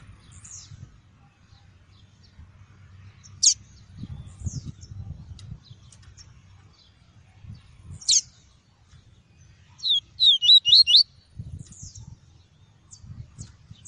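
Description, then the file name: Double-collared seedeater song, mostly scattered single high notes, then one short burst of rapid high twittering, over faint low rumble. "Tui-tui" song variety. "canto do papa capim tui tui"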